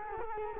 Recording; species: mosquito wingbeat signal from an infrared sensor; Culex quinquefasciatus